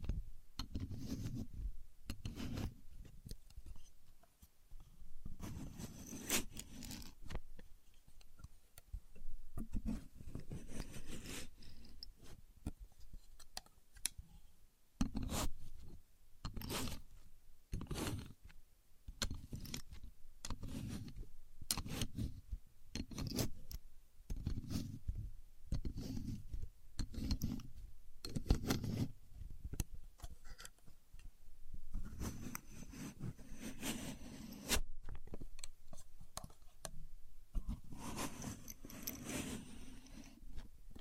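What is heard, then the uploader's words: A contour gauge is handled with no talking, giving a series of short scraping and clicking bursts as its pins slide and shift. The bursts come every second or so with brief pauses, some bright and crisp, others duller, over a quiet background for the whole 41 seconds. Using A Contour Gauge (No Talking).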